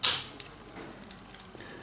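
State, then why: Not seated. A front brake pad for a DR650 motorcycle is being handled at the front brake caliper as it is pushed in. A sharp metallic clatter comes at the start, followed by a softer tap near 0.4 s and quiet rustling handling noise. Nothing has seated or clicked into place yet.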